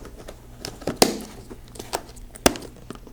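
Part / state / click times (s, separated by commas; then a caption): plastic side locking clip on food container lid / seated / 1.0 s, 2.5 s. Someone flips the plastic locking clip on one side of a food container lid. Two loud, sharp snaps ring out at 1.0 s and 2.5 s among quieter crinkling and tapping. The side clip snaps locked.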